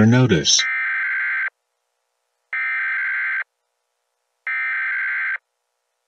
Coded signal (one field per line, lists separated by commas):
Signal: Emergency Alert System (SAME) tones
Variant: header bursts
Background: speech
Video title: EAS: doppelgänger